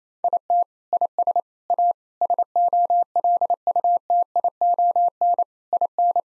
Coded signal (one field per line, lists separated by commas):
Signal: Morse code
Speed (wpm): 28 wpm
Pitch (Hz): 700 Hz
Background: none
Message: IT IS A SOLUTION IN